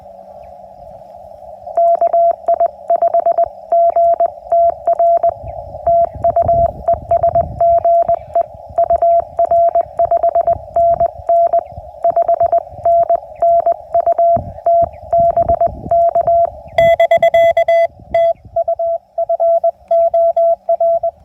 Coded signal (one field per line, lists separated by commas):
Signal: Morse code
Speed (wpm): 20 wpm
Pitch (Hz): 680 Hz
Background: radio noise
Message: KI5GTR TU ES GE UR 5NN 5NN UT BK <BK> TU FOR